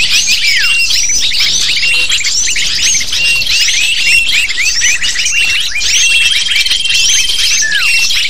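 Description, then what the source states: Lovebirds chatter nonstop, shrill squeaky notes and quick down-sliding chirps piling over one another from many birds at once. Lure sound used to attract lovebirds.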